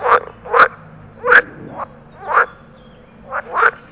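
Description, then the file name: Water frog territorial calls, short nasal croaking bursts given in pairs and singles, about seven notes in four seconds. "groene kikker territoriumroep"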